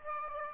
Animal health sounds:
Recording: mosquito wingbeat signal from an infrared sensor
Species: Aedes aegypti

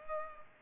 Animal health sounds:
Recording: mosquito wingbeat signal from an infrared sensor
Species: Culex pipiens

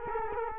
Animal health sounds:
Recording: mosquito wingbeat signal from an infrared sensor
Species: Culex quinquefasciatus

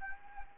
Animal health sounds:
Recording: mosquito wingbeat signal from an infrared sensor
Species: Anopheles gambiae

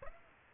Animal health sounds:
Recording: mosquito wingbeat signal from an infrared sensor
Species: Aedes aegypti

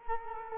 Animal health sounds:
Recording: mosquito wingbeat signal from an infrared sensor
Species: Culex quinquefasciatus

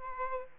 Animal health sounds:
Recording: mosquito wingbeat signal from an infrared sensor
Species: Aedes aegypti

